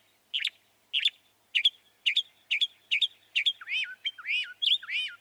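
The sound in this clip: Northern mockingbird song: sharp repeated notes roughly every half second, followed by several looping slurred whistles.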